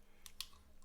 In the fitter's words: could just put this on here this doesn't really snap into place